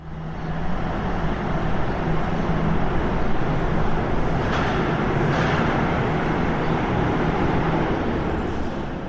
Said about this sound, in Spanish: Luego, el autobús se alejó y con él tu ilusión.